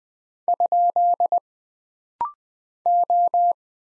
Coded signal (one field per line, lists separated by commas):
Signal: Morse code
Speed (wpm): 20 wpm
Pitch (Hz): 700 Hz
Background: none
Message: ? O